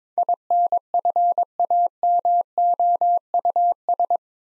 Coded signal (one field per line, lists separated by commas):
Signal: Morse code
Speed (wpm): 23 wpm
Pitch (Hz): 700 Hz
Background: none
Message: INFAMOUS